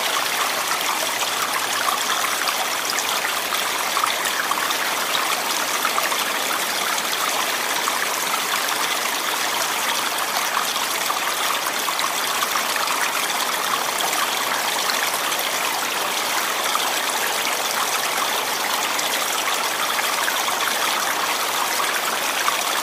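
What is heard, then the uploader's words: Running water pours steadily throughout, a dense, unbroken hiss and splash that stays at the same level from start to finish. The sound is bright, with a thin low end and no distinct events or other sounds standing out. Running Water Soft Relaxation Sounds.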